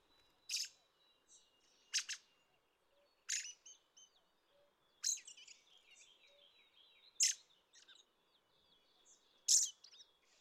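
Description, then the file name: Red-throated Thrush singing short phrases, each opening with a sharp high burst and trailing into soft twittering, repeated about every two seconds; a thin high hum persists in the background. Recorded 25 May 2013 at Ider gol, Mongolia. "rtthrush bhgoo-FL-FC mng ider-gol"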